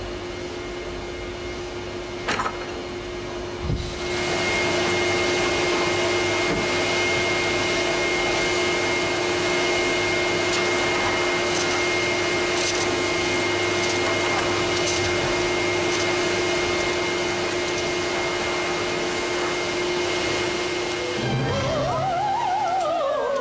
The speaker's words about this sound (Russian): Проснувшись от шума, брюнетка смотрит на свой телефон. Блондинка пылесосит квартиру.